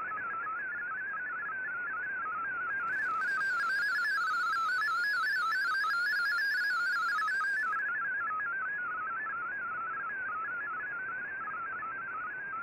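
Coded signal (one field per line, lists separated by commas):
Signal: multi-tone FSK (Olivia or MFSK type)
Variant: MFSK32 or MFSK64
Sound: fast warbling single tone jumping between many pitches, steady and continuous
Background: radio static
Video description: Here is my decode of the Shortwave Radiogram broadcast today on 15770Khz shortwave radio at 1330UTC in MFSK32 and 64 with 11 SSTV images.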